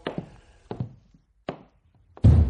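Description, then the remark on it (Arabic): A few hollow thunks as a mousetrap holding ten mice is set down on a hard floor, three sharp knocks spaced apart, then a louder, longer rattling clatter at the end. “مصيدة فران، حطوها على الأرض.”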